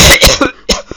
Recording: coughing